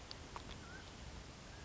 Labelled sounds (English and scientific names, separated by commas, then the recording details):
Mountain Quail (Oreortyx pictus)
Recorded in Sonoma County, California